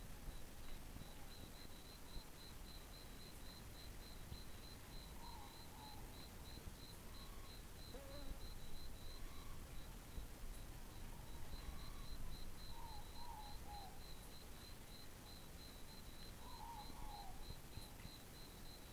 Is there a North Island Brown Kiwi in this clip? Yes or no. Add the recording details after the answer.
no. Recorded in New Zealand on 11 December 2014. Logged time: 22:44. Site CF20